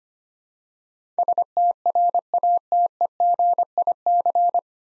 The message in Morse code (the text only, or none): STRATEGIC